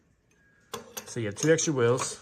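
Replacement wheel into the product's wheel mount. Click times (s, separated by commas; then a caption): 0.7 s. A spare wheel is pressed down onto the product's plastic frame and wheel mount, and it snaps into place with a sharp click at 0.7 seconds. Right after, someone talks.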